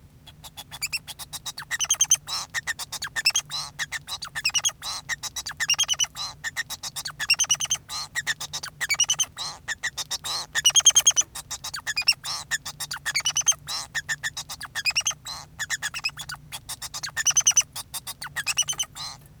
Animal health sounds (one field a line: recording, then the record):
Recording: song of a male Bengalese finch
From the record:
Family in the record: son of father 2